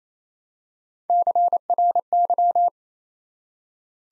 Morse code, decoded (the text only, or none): CRY